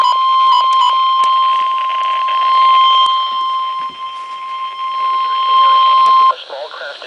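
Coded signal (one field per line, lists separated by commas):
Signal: Emergency Alert System (SAME) tones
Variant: 1050 Hz attention tone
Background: speech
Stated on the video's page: Special Marine Warning SAME tones for Delaware Bay from NWS Mount Holly, received on Midland WR-100 and RadioShack 12-382 weather radios.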